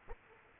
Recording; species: mosquito wingbeat signal from an infrared sensor; Aedes aegypti